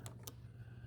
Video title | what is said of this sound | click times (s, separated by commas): Don't Skip! Your Dreame L40 Gen 2 Needs Cleaned - 3 Month Maintenance and Cleaning Full Guide! | all clean now. Just slide that in. Clicks into place. | 0.1 s, 0.3 s